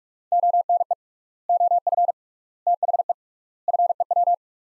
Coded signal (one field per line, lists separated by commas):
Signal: Morse code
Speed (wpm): 45 wpm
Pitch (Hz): 700 Hz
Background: none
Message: ONE OF THE FEW